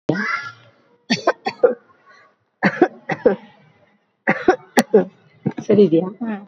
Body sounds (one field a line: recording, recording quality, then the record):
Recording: shallow voluntary cough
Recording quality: excellent, no background noise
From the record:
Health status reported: healthy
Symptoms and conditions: none ticked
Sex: female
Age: 50 years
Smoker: not ticked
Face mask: worn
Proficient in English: no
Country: India